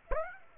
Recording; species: mosquito wingbeat signal from an infrared sensor; Aedes aegypti